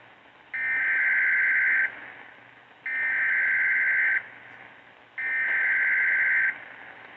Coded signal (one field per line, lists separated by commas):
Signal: Emergency Alert System (SAME) tones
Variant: header bursts